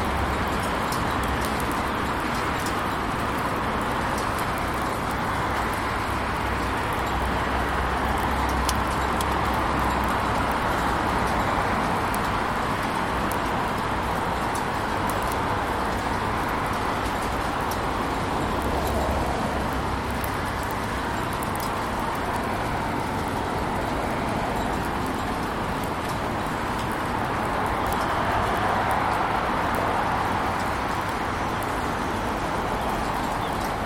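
Steady rain falls in a backyard in town, a dense, even hiss that holds at a constant level for the whole stretch. Beneath it runs a low rumble like passing traffic, swelling slightly around seconds 7 and 19, with scattered sharp drips ticking through.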